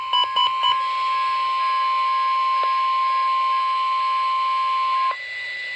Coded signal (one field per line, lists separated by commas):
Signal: Emergency Alert System (SAME) tones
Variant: 1050 Hz attention tone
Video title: KJY68 Required Weekly Test - EAS #521